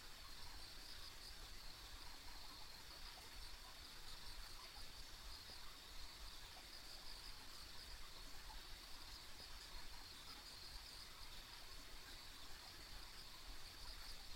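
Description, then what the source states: Chorus of insects trilling without pause, a thin, even high buzz held throughout over a low rumble. Ambient insect sounds on a country road.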